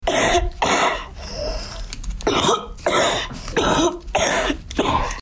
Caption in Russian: Запись кашля - Астма у ребенка.